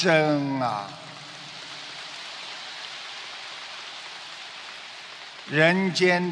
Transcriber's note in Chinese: 掌声